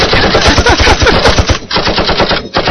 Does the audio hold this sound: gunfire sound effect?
yes